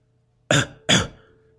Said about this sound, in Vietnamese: Cầu Tâm Gia lấy tay vịn ngực, sau đi ho khan vài tiếng nói: